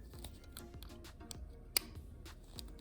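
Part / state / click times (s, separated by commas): needle cartridge into rotary tattoo pen / seated / 1.8 s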